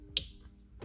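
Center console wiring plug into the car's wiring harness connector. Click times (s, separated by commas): 0.2 s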